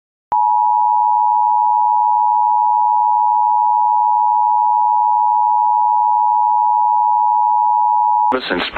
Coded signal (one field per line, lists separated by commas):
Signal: Emergency Alert System (SAME) tones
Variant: 853 and 960 Hz attention tone